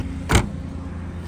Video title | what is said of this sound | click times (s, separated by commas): 😭Horrible Car Accident💔-😡Don’t go over speed - miss u - TTF - Chennai to Thirupathi to Mumbai | lock ஆயிடுச்சுடா lock ஆயிடுச்சு அதாவது இதுதாங்க | 0.3 s